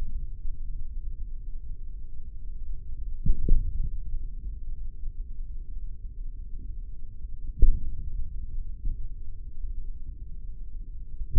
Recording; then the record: forearm muscle sounds (acoustic myography)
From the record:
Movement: hand opening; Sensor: system 3, bracelet of six PUI Audio POM-2738L microphones around the upper forearm, with dedicated amplification and filtering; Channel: 4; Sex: male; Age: 55 years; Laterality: right